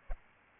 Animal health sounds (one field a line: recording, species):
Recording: mosquito wingbeat signal from an infrared sensor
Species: Aedes albopictus